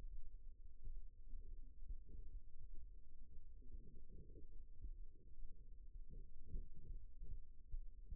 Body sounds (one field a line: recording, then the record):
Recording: forearm muscle sounds (acoustic myography)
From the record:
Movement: rest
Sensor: system 2, bracelet of six BSWA MPA416 microphones around the upper forearm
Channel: 3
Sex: male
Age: 22 years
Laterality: right